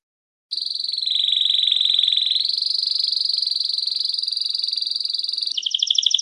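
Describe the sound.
Canary singing a sustained rapid rolling trill that shifts up in pitch, then switches abruptly to a coarser, pulsing phrase at the end.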